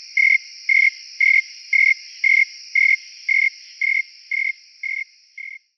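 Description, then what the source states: Snowy tree cricket chirps, about eleven regular pulses near two per second, fading at the end, against a constant high-pitched insect hum. Recorded at Montford at 68 degrees, dated 8-28-09.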